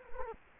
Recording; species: mosquito wingbeat signal from an infrared sensor; Culex quinquefasciatus